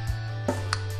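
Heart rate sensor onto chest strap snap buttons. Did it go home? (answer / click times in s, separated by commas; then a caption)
yes / 0.5 s, 0.7 s. A Polar H7 Bluetooth Smart heart rate sensor is pressed onto the two snap buttons of its fabric chest strap. Two short snaps are heard at 0.5 s and 0.7 s over a steady low hum, and the sensor seats on the strap.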